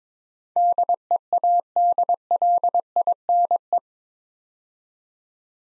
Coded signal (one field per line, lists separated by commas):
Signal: Morse code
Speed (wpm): 22 wpm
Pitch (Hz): 700 Hz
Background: none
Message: DEADLINE